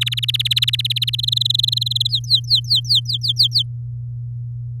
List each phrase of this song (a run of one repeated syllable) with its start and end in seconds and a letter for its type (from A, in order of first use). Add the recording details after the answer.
0.01-1.10 A, 1.13-2.08 B, 2.09-3.63 C. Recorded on 8 May 2018 at 14:20. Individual llb16